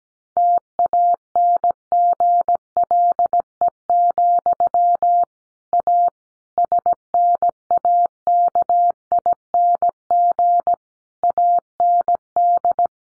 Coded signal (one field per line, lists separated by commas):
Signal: Morse code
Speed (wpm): 17 wpm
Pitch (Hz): 700 Hz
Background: none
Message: TANGLE, A SNAKING AND